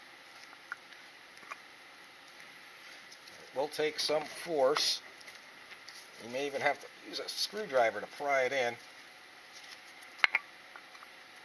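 Someone talks while a brake pad's retaining clip on a C4 Corvette caliper is pressed and pried into the caliper piston with a screwdriver. A sharp click at 10.2 s marks the clip seating in place.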